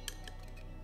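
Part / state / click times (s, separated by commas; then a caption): steel snap ring into groove inside motorcycle fork tube / not seated / none. A steel snap ring is being compressed and worked into an RM250 motorcycle fork tube with a small flat screwdriver, producing two brief, bright metallic ticks near 0.1 and 0.3 seconds over a low steady hum. This is only handling: nothing has seated or snapped into the groove yet.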